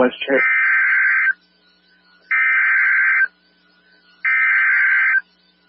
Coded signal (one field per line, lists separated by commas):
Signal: Emergency Alert System (SAME) tones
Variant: header bursts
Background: speech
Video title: EAS Evacuation Immediate 2 for Potter TX on WXK38 4-4-2023